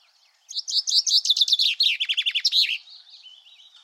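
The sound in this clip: Common chaffinch song: a rapid run of bright chirping notes that steps down in pitch and ends in a quick flourish, followed by softer twittering.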